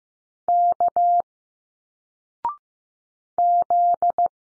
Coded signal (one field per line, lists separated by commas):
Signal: Morse code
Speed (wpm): 15 wpm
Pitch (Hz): 700 Hz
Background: none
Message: K Z